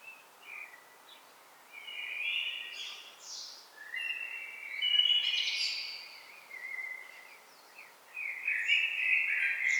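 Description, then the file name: Common blackbird song: a string of fluty phrases of varying pitch mixed with thin, squeaky high notes, almost continuous throughout. "Turdus merula"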